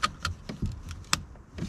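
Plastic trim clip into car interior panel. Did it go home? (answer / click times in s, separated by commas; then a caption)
yes / 1.1 s. A second plastic trim clip is handled with some rustling and bumping, then pressed home into a car interior panel. It snaps in with a sharp click at 1.1 s and is seated.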